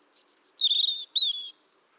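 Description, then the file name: European robin song phrase: a few very high, thin notes slide downward into a sweet, drawn-out trill, then one more falling warble. "Erithacus rubecula"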